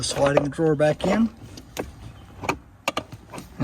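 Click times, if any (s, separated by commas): 2.9 s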